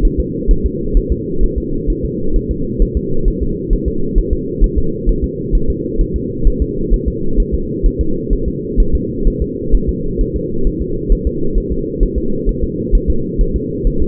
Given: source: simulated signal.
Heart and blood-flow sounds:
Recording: fetal heart sounds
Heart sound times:
0.05 s: S1
0.20 s: S2
0.51 s: S1
0.66 s: S2
0.97 s: S1
1.12 s: S2
1.43 s: S1
1.58 s: S2
1.90 s: S1
2.05 s: S2
2.36 s: S1
2.51 s: S2
2.82 s: S1
2.97 s: S2
3.28 s: S1
3.42 s: S2
3.73 s: S1
3.88 s: S2
4.18 s: S1
4.33 s: S2
4.64 s: S1
4.78 s: S2
5.09 s: S1
5.24 s: S2
5.55 s: S1
5.70 s: S2
6.01 s: S1
6.16 s: S2
6.47 s: S1
6.62 s: S2
6.93 s: S1
7.08 s: S2
7.40 s: S1
7.54 s: S2
7.86 s: S1
8.01 s: S2
8.33 s: S1
8.48 s: S2
8.80 s: S1
8.95 s: S2
9.27 s: S1
9.42 s: S2
9.75 s: S1
9.89 s: S2
10.21 s: S1
10.36 s: S2
10.67 s: S1
10.82 s: S2
11.12 s: S1
11.27 s: S2
11.58 s: S1
11.72 s: S2
12.03 s: S1
12.18 s: S2
12.49 s: S1
12.64 s: S2
12.95 s: S1
13.10 s: S2
13.41 s: S1
13.56 s: S2
13.87 s: S1
14.02 s: S2
From the record:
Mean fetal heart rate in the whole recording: 130 bpm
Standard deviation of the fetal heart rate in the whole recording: 4 bpm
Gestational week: 38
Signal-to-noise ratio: -8.1 dB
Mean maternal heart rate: 72 bpm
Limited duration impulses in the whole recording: absent

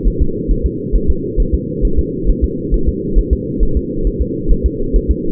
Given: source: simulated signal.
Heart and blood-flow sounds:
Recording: fetal heart sounds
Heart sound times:
0.08 s: S1
0.22 s: S2
0.51 s: S1
0.66 s: S2
0.96 s: S1
1.10 s: S2
1.40 s: S1
1.55 s: S2
1.85 s: S1
1.99 s: S2
2.30 s: S1
2.44 s: S2
2.74 s: S1
2.89 s: S2
3.19 s: S1
3.33 s: S2
3.63 s: S1
3.77 s: S2
4.07 s: S1
4.22 s: S2
4.52 s: S1
4.66 s: S2
4.96 s: S1
5.11 s: S2
From the record:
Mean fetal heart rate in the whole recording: 135 bpm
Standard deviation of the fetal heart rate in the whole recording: 3 bpm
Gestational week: 36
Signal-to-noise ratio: -8.1 dB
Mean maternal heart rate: 72 bpm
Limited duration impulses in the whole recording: present

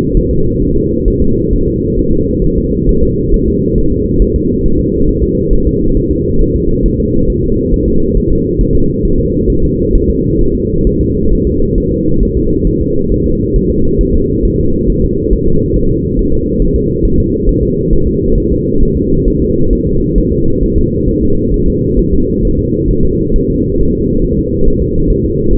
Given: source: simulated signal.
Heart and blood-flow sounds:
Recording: fetal heart sounds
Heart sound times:
0.17 s: S1
0.31 s: S2
0.62 s: S1
0.76 s: S2
1.08 s: S1
1.22 s: S2
1.53 s: S1
1.68 s: S2
1.99 s: S1
2.13 s: S2
2.44 s: S1
2.58 s: S2
2.89 s: S1
3.03 s: S2
3.34 s: S1
3.48 s: S2
3.78 s: S1
3.92 s: S2
4.22 s: S1
4.36 s: S2
4.66 s: S1
4.80 s: S2
5.09 s: S1
5.23 s: S2
5.53 s: S1
5.67 s: S2
5.97 s: S1
6.11 s: S2
6.41 s: S1
6.56 s: S2
6.86 s: S1
7.00 s: S2
7.30 s: S1
7.44 s: S2
7.74 s: S1
7.88 s: S2
8.17 s: S1
8.31 s: S2
8.61 s: S1
8.75 s: S2
9.05 s: S1
9.19 s: S2
9.50 s: S1
9.64 s: S2
9.95 s: S1
10.09 s: S2
10.41 s: S1
10.55 s: S2
10.87 s: S1
11.01 s: S2
11.33 s: S1
11.47 s: S2
11.78 s: S1
11.92 s: S2
12.23 s: S1
12.37 s: S2
12.67 s: S1
12.81 s: S2
13.12 s: S1
13.26 s: S2
13.56 s: S1
13.70 s: S2
14.01 s: S1
14.15 s: S2
14.45 s: S1
14.60 s: S2
14.90 s: S1
15.04 s: S2
15.33 s: S1
15.47 s: S2
15.76 s: S1
15.91 s: S2
16.19 s: S1
16.33 s: S2
16.62 s: S1
16.76 s: S2
17.05 s: S1
17.19 s: S2
17.49 s: S1
17.63 s: S2
17.93 s: S1
18.07 s: S2
18.38 s: S1
18.52 s: S2
18.83 s: S1
18.97 s: S2
19.28 s: S1
19.42 s: S2
19.73 s: S1
19.87 s: S2
20.18 s: S1
20.32 s: S2
20.63 s: S1
20.78 s: S2
21.09 s: S1
21.23 s: S2
21.54 s: S1
21.68 s: S2
21.99 s: S1
22.13 s: S2
22.45 s: S1
22.59 s: S2
22.91 s: S1
23.05 s: S2
23.36 s: S1
23.50 s: S2
23.81 s: S1
23.95 s: S2
24.24 s: S1
24.39 s: S2
24.68 s: S1
24.82 s: S2
25.10 s: S1
25.25 s: S2
25.53 s: S1
From the record:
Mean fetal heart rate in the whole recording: 135 bpm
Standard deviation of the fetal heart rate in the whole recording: 3 bpm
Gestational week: 36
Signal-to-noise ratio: -16.4 dB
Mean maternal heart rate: 72 bpm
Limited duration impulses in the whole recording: present

